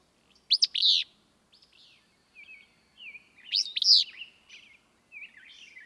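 Willow flycatcher song: two sharp, buzzy phrases about three seconds apart, with thin notes and chatter between and after them.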